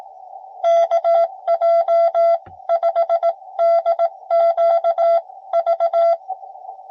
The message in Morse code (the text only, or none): KJ5DQV